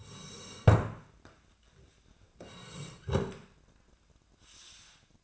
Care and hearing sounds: daily activity, microphone in the room; sit down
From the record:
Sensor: 2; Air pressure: 1012.1 hPa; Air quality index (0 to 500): 158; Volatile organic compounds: 2 ppm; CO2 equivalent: 1157 ppm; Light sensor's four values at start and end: 36/94/40/47 and 44/112/48/55

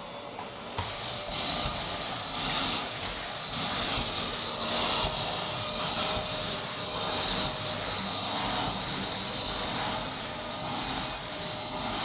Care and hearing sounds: daily activity, microphone in the room; vacuum cleaning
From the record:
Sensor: 3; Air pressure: 1002.0 hPa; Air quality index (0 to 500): 248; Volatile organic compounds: 52 ppm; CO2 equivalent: 3321 ppm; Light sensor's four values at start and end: 12/36/15/13 and 12/35/15/13

